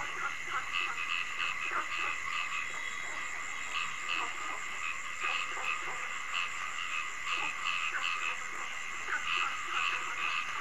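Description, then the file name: Frog chorus of quick repeated notes over a constant high-pitched buzzing background. Frogs calling at night. "Tieng ech nhai keu ban dem"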